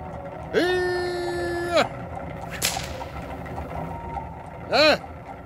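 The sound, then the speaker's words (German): Common forest wolves (Lupus silvestris) howl in the distance, coming closer: one long, steady, mid-pitched howl that rises and holds, then after a pause a shorter, wavering howl that swoops up and down. “Und aus der Ferne erklang unheilverkündendes Heulen, das näher und näher kam.”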